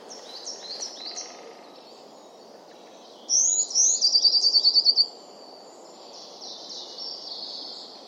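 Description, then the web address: Bird giving faint high chirps, then two rising whistles and a quick, even trill of about a second, with soft chirping behind and a steady low rumble. "Deverinetal 2025. Bird Only"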